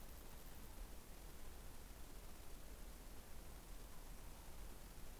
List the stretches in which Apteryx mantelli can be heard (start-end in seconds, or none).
none